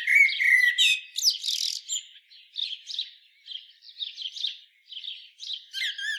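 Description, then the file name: Common blackbird opening with a loud, low fluted phrase and shrill squeaks, then a run of short, soft, scratchy twittering notes in quick succession. "Turdus merula"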